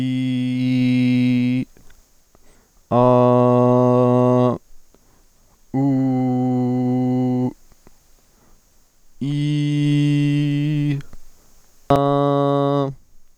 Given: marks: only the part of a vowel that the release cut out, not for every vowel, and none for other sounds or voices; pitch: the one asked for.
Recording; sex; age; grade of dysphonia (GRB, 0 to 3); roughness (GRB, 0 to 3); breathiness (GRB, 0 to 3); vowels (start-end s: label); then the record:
sustained vowels; male; 20 to 29 years; 0; 0; 0
0.00-1.55 s: vowel /i/, normal pitch
3.06-4.46 s: vowel /a/, normal pitch
5.83-7.07 s: vowel /u/, normal pitch
9.34-10.85 s: vowel /i/, high pitch
11.96-12.82 s: vowel /a/, high pitch
From the record:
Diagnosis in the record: healthy voice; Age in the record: 24 years